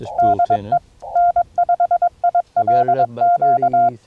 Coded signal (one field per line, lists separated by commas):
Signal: Morse code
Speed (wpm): 21 wpm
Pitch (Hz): 690 Hz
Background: speech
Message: DE N5ILQ